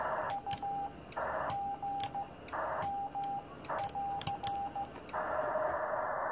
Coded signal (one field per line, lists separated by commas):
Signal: Morse code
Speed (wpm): 12 wpm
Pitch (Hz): 800 Hz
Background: radio noise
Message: U G M<AR>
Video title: Joining a Radio Net CW (Radio KD8TTE Episode 001)